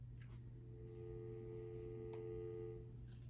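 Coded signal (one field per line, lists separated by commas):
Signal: telephone call progress tone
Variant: North America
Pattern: dial tone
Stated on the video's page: Call progress tone heard on a Cortelco 219400-VOE-27S Patriot II memory desk phone.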